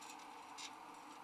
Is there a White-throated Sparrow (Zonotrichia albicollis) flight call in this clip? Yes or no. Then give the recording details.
no. No flight call is heard. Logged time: 09:52 on 13 December 2014